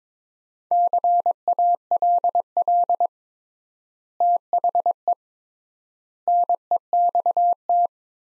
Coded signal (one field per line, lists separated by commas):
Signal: Morse code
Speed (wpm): 22 wpm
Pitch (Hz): 700 Hz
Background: none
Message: CALL THE NEXT